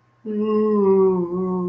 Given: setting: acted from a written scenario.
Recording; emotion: vocal sound without words; distress